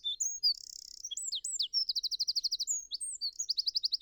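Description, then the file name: Eurasian wren pouring out a fast high song, with a buzzing trill near the start and evenly repeated ringing notes. "Troglodytes troglodytes"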